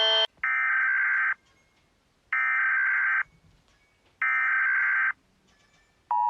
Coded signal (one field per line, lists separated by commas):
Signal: Emergency Alert System (SAME) tones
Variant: header bursts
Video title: my eas alarms animated 1